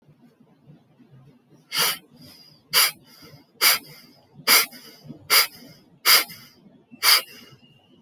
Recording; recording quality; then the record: deep breathing; poor, much background noise or distortion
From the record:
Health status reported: healthy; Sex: male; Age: 50 years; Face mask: not worn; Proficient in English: yes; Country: India